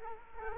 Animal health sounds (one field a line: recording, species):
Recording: mosquito wingbeat signal from an infrared sensor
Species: Culex quinquefasciatus